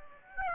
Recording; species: mosquito wingbeat signal from an infrared sensor; Aedes aegypti